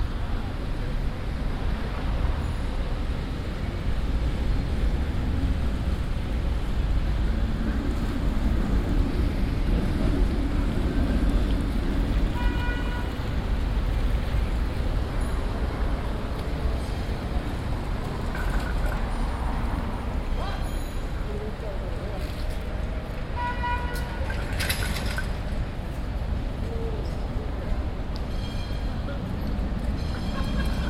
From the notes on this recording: The sounds of busy Amsterdam streets. Cyclists, trams, boats and cars.